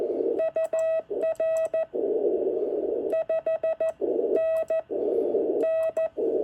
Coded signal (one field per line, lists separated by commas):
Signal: Morse code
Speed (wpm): 13 wpm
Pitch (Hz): 650 Hz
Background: none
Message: UR 5NN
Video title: Another Unexpected eBay buy, 2 NorCal Sierras and a nice QSO!